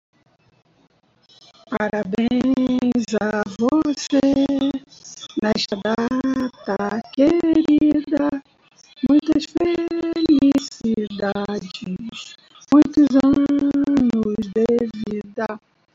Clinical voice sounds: short text; Brazilian Portuguese; female; 50 to 59 years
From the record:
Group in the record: control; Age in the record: 56 years

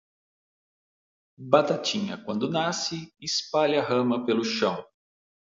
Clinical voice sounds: short text; Brazilian Portuguese; male; 50 to 59 years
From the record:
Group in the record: control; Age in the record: 54 years

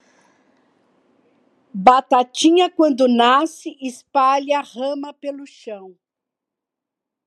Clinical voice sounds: short text; Brazilian Portuguese; female; 60 to 69 years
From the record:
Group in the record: control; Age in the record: 61 years

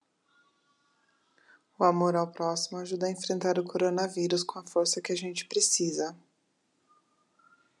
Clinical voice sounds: spoken sentence; Brazilian Portuguese; female; 40 to 49 years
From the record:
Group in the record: control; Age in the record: 43 years

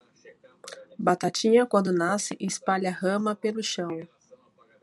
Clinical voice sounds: short text; Brazilian Portuguese; female; 30 to 39 years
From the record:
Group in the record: control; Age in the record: 35 years

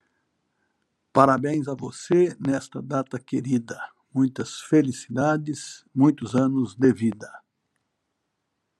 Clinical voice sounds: short text; Brazilian Portuguese; male; 60 to 69 years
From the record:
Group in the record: control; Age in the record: 64 years

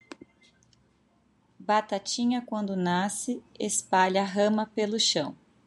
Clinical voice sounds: short text; Brazilian Portuguese; female; 30 to 39 years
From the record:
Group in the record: control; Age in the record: 37 years

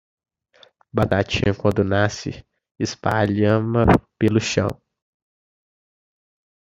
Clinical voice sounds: short text; Brazilian Portuguese; male; 18 to 19 years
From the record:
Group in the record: control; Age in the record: 19 years

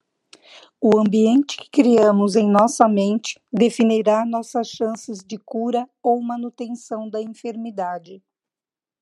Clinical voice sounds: short text; Brazilian Portuguese; female; 50 to 59 years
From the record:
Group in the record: control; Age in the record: 56 years

